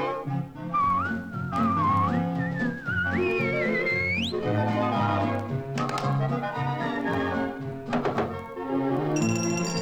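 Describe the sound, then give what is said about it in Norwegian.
A bright, sliding whistled melody rises and dips over a busy instrumental accompaniment for a few seconds, then the music carries on with plucky, percussive accents. “Skal du bare plystre?”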